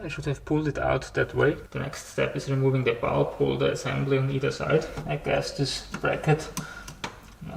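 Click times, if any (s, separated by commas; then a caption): 7.0 s. On a Jaguar S-Type during rear bumper removal, a plastic bracket on the rear bulb holder assembly is pushed towards the inside to unlatch it while someone talks throughout. A short click at 7.0 s marks the bulb holder bracket clip releasing from the rear bumper cover.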